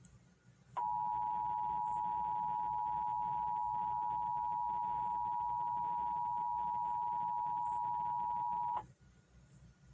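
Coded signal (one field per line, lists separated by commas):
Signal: Emergency Alert System (SAME) tones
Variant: 853 and 960 Hz attention tone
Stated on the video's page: AMBER Alert EAS activation caught live on an AM news-talk station, also relayed on FM and TV stations and NOAA Weather Radio.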